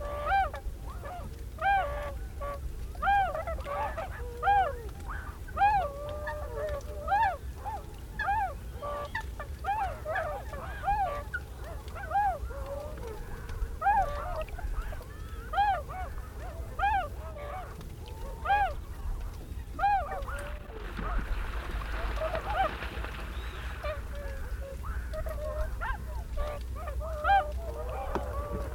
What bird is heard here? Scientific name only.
Cygnus columbianus